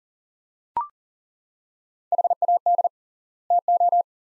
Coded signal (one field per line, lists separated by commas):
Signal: Morse code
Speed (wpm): 37 wpm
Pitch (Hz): 700 Hz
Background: none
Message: HAD TO